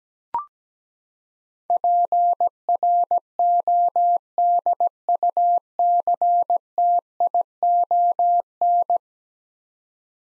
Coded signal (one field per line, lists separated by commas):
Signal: Morse code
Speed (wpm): 17 wpm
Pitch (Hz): 700 Hz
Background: none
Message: PRODUCTION